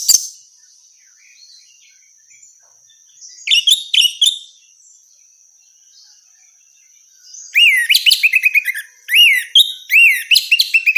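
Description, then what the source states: Orange-headed thrush song: a short cluster of chirps, a long pause, then a lively stream of repeated looping whistles and sharp notes. Female; recording meant for therapy or training.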